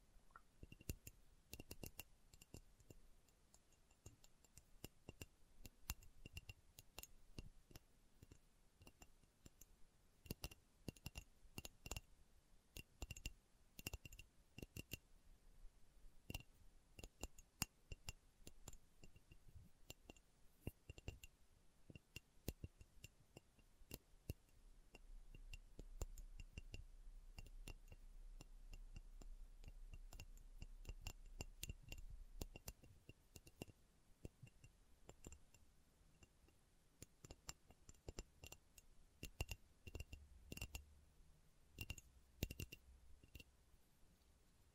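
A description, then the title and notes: Slow tapping sounds, with sharp, brief clicks arriving irregularly throughout, sometimes in quick clusters and sometimes spaced apart. A low rumble rises underneath from about 25 to 33 seconds and returns faintly near the end, while a quiet steady hiss stays in the background. ASMR Slow Tapping for Deep Sleep (No Talking).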